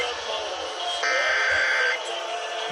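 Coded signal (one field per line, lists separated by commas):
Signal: Emergency Alert System (SAME) tones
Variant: header bursts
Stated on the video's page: Pennsylvania Required Monthly Test received on AM, FM and TV stations and a cable system.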